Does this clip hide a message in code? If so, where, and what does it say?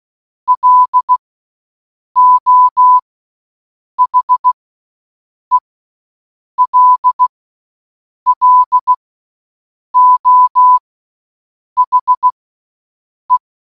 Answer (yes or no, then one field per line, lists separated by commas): yes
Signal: Morse code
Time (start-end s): 0.5-13.4 s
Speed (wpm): 16 wpm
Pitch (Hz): 1000 Hz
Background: none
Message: LO HELLO HE